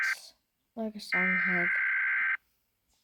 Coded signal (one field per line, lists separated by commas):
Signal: Emergency Alert System (SAME) tones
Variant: header bursts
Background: speech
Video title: Ranking eas alarms part 1